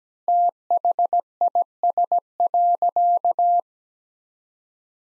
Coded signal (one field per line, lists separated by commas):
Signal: Morse code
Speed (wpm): 17 wpm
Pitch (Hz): 700 Hz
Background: none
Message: THIS.